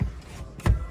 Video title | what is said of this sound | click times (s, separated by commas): How to install your cargo cover | press it in until it clicks | 0.7 s